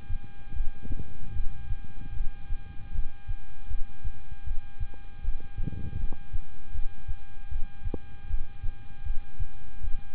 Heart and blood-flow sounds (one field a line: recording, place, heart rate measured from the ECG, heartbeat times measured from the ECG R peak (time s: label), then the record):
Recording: heart sounds by stethoscope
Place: between the tricuspid and mitral areas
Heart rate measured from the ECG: 78 bpm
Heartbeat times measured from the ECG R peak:
0.53 s: heartbeat
1.33 s: heartbeat
2.13 s: heartbeat
2.92 s: heartbeat
3.67 s: heartbeat
4.44 s: heartbeat
5.21 s: heartbeat
5.97 s: heartbeat
6.72 s: heartbeat
7.49 s: heartbeat
8.27 s: heartbeat
9.03 s: heartbeat
9.81 s: heartbeat
From the record:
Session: rest, lying down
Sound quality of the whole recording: good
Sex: male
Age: 26 years